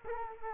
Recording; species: mosquito wingbeat signal from an infrared sensor; Culex quinquefasciatus